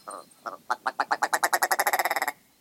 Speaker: its rubbery-sounding rattles and clownish red eyebrows, the ptarmigan is quite the standout northern bird.